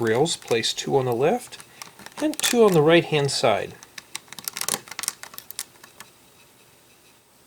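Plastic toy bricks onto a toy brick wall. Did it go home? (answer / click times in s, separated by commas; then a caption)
yes / 4.5 s, 4.6 s, 4.7 s, 5.0 s, 5.1 s, 5.6 s. Someone talks, then small plastic toy bricks are pressed onto the studs of a toy brick wall, two on the left and two on the right. A quick series of sharp clicks follows at 4.5, 4.6, 4.7, 5.0, 5.1 and 5.6 seconds as the bricks seat.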